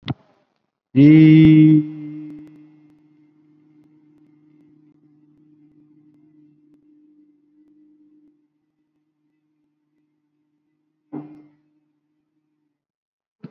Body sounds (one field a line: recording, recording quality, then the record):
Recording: sustained vowel as in beet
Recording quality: excellent, no background noise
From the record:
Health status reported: COVID-19 positive, mild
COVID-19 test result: positive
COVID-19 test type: RT-PCR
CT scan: not taken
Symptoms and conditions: sore throat, diabetes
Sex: male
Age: 62 years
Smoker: no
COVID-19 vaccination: none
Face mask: worn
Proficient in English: no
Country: India